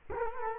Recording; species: mosquito wingbeat signal from an infrared sensor; Culex quinquefasciatus